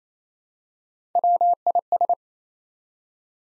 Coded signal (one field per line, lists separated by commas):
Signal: Morse code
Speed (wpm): 28 wpm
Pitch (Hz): 700 Hz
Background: none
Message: WIS